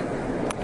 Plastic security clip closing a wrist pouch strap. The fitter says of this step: it has a security clip which you click into place.